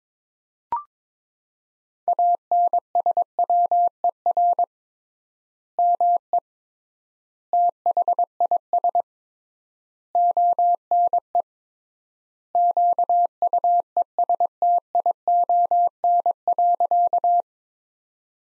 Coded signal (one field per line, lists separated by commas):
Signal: Morse code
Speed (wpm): 22 wpm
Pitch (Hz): 700 Hz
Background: none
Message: ANSWER ME THIS ONE QUESTION.